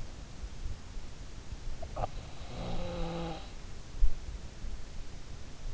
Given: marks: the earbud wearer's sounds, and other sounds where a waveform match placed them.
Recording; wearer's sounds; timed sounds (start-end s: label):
sounds in sleep by an in-ear microphone; snoring breath
1.60-3.94 s: snoring breath